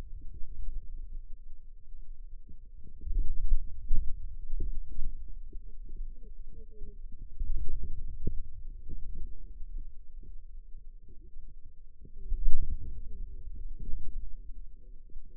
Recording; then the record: forearm muscle sounds (acoustic myography)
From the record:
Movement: wrist extension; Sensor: system 2, bracelet of six BSWA MPA416 microphones around the upper forearm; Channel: 2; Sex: female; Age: 21 years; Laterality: right